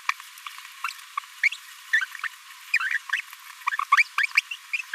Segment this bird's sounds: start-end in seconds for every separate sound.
1.93-2.00, 2.73-2.78, 3.12-3.21, 3.97-4.03, 4.18-4.23, 4.37-4.41, 4.73-4.76